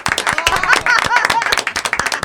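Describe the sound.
A crowd applauds a local group arriving for a radio interview at about 2:30 in the afternoon, with dense, irregular clapping that stays steady and fairly loud for a couple of seconds, with a few voices calling out and whooping over it.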